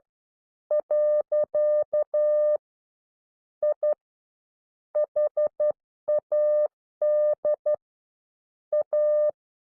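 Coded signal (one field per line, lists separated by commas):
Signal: Morse code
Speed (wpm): 12 wpm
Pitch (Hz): 600 Hz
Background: none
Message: . I HAD A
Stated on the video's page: Recorded Morse class.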